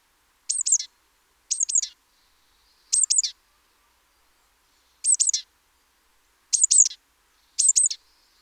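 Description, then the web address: Great tit calls: six sharp, very high double notes in quick pairs, spaced unevenly about one to two seconds apart, with otherwise quiet background. "SETE Parus major"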